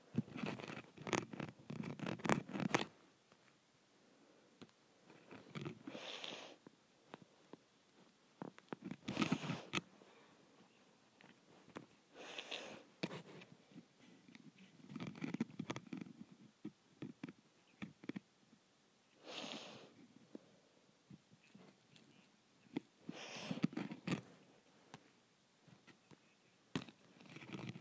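Scratching on a window comes in rough bursts of scraping strokes, dense near the start and around 9, 15, 20 and 24 seconds.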